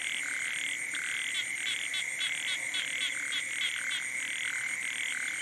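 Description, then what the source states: Frogs and toads: a chorus with fast rattling trills breaking in among repeated croaks, all over an unbroken high-pitched drone. Wild night chorus on the shore of Boeng Thum lake, Cambodia, around 23:00 on 12 December 2018, as human noise fades.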